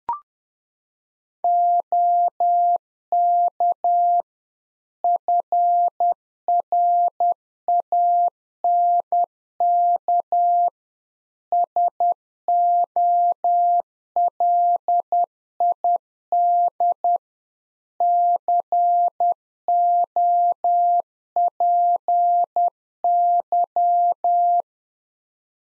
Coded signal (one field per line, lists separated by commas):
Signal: Morse code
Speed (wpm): 10 wpm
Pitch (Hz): 700 Hz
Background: none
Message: OK FRANK SOLID COPY